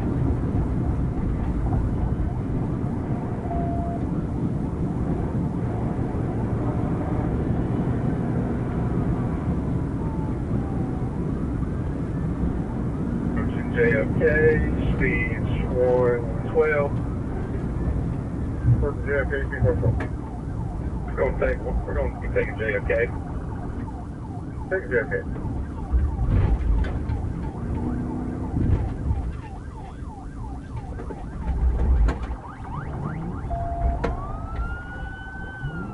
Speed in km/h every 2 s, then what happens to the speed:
161, 163, 163, 171, 177, 172, 175, 151, 147, 122, 98, 93, 84, 77, 74, 45, 42, 44.
0-8 speeds up to 177. 8-33 brakes to 42.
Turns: 29-36.